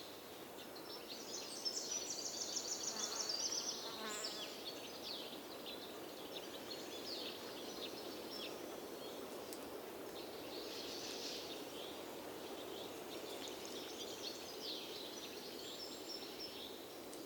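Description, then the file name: Insect buzzing, a high droning whine strongest for a couple of seconds early on, over steady background noise. Forest with wind; recorded 28 May 2008. "20080528 Forest Wind Insects"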